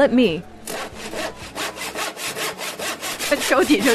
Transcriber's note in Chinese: Sound of a saw cutting wood